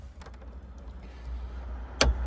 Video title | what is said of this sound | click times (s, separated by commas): Subaru Legacy - EGR issues and Ignition Cylinder Replacement | There was the click. | 2.0 s